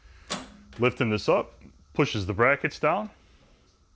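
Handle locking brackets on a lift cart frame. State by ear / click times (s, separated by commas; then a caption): not seated / none. Someone talks while lifting the folding handle of a steel HaulMaster 1000 lbs lift cart, which pushes the handle locking brackets down on the cart frame. The brackets are being handled but have not yet seated or snapped into place.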